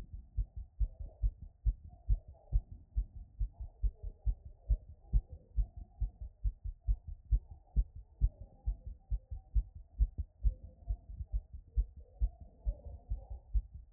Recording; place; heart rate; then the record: heart sounds by stethoscope; Erb's point; 132 bpm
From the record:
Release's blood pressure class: hypertension stage 1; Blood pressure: 131/64 mmHg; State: after exercise